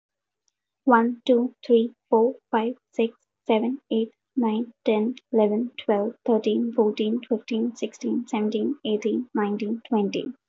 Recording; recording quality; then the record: counting at a fast pace; excellent, no background noise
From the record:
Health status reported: recovered from COVID-19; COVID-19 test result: positive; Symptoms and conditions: cough, cold, fever, fatigue, muscle pain, loss of smell and taste, diarrhoea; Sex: female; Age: 23 years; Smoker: not ticked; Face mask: not worn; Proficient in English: yes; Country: India